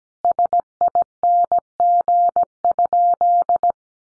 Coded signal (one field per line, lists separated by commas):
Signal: Morse code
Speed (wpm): 17 wpm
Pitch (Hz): 700 Hz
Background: none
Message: SING?